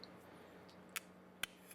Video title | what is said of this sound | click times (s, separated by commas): Boltune BT BH024 AptX DEEP BASS Earbuds (Unboxing and First Look) | See, they're magnetic, so the charging case is magnetic and they just click in place, the earbuds. | 1.0 s, 1.4 s